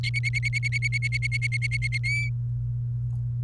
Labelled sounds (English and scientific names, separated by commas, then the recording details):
Domestic Canary (Serinus canaria) song
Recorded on 29 April 2018 at 08:52
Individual llb3